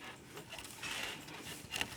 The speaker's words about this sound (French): Toi, le son est fin et c'est un petit son. Ça, c'est le son du tissage pour le canage, quoi.